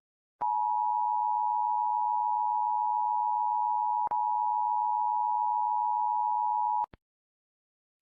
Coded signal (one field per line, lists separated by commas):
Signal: Emergency Alert System (SAME) tones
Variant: 853 and 960 Hz attention tone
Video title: EAS ALARM TALKING AND WARNINGS